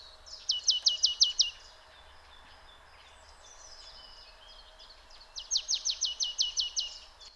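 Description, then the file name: Marsh Tit giving two rapid bursts of several high, clipped notes, about four seconds apart. "Poecile palustris"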